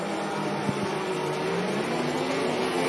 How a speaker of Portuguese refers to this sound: E aí, nós temos os carros aí no grid de largada. Vamos já para a volta de apresentação e de aquecimento de pneus.